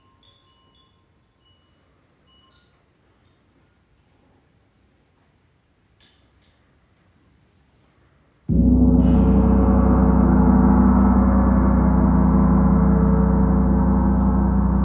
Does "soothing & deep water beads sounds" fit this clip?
no